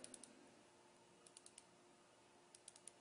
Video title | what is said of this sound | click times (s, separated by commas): AnyRidge Prosthetic Kit Overview | torquing mechanism as you can hear the little click click okay | 0.0 s, 0.1 s, 0.2 s